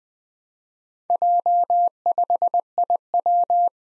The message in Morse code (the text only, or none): J5IW